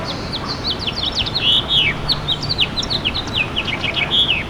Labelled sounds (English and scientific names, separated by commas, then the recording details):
House Finch (Haemorhous mexicanus) song
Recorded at Bay Shore on Long Island, New York, on 29 May 2013
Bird G